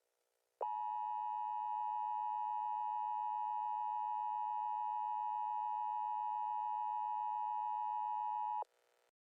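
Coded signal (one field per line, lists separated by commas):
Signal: Emergency Alert System (SAME) tones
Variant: 853 and 960 Hz attention tone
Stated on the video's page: Hypothetical, simulated EAS activation that never actually happened.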